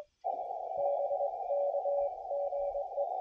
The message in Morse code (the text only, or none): BK GE